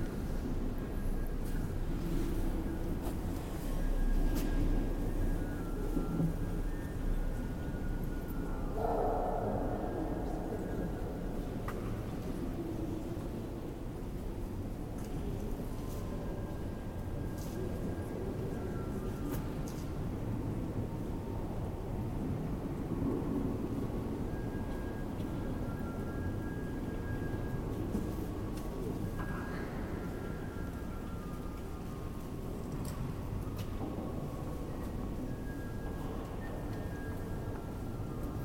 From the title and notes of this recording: Basilica Santa Maria Del Mar, Barcelona, Spain. I walked in on a service (unknown) at the Basilica Santa Maria Del Mar.